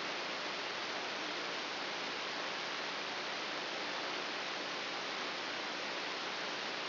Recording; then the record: brain microelectrode recording played as sound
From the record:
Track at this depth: inside the subthalamic nucleus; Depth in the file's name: 2.404 mm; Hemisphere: right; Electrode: 3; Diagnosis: Parkinson's disease